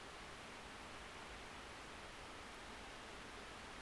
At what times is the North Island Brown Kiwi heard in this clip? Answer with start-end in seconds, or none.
none